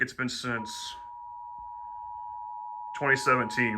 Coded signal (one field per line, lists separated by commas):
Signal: Emergency Alert System (SAME) tones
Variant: 853 and 960 Hz attention tone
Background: speech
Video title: EAS Alert #190: Tornado Watch 46 in Indiana (Feb 27, 2023)